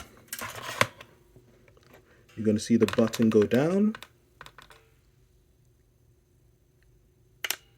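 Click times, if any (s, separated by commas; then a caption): 7.4 s. A folding brace is swung open on its mount until the locking button drops and the hinge latch catches, locking the brace open. Someone talks while soft handling clicks and taps sound, then a sharp metallic click at 7.5 s marks the latch seating.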